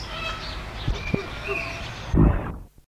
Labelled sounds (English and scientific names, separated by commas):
Crestless Fireback (Lophura erythrophthalma) call